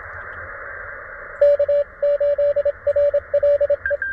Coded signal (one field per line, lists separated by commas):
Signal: Morse code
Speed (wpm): 25 wpm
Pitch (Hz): 600 Hz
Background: radio noise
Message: K8RLE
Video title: Coffee and Morse Code: A Relaxing QRP POTA Activation at Clemmons Educational State Forest